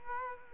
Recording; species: mosquito wingbeat signal from an infrared sensor; Culex quinquefasciatus